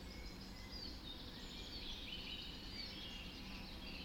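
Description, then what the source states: Birdsong at dawn, a few thin whistles and faint twitters drifting over a steady low background noise. Dawn chorus recorded just after dawn in the Forest of Dean.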